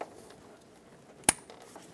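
On a 2008–2020 Dodge Grand Caravan 3.6L, the fuel rail feed line's quick-connect coupling is slid back onto the metal fuel rail fitting. A single sharp, bright click rings out at 1.3 s against a quiet background, with a faint tap just before it and softer handling sounds after. The connector is seated and confirmed connected.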